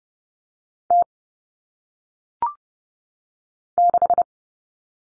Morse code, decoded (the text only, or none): T 6